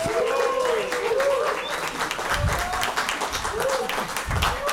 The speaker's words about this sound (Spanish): Hoy, miércoles, nos acompaña, como cada mes, el coro de la Universidad Veracruzana, quien pide un aplauso a la gente que nos acompaña el día de hoy.